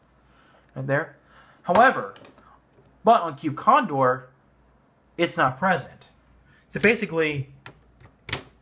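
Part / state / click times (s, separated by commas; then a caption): plastic arm piece into the shoulder joint of a toy robot / not seated / none. Someone talks while a plastic arm piece is fitted into the shoulder joint of a Cube Condor robot toy, which lacks the octagonal locking joint found on the other mecha. A couple of brief sharp sounds occur near 7.7 s and 8.3 s, but nothing has snapped or seated yet, so the arm will sag.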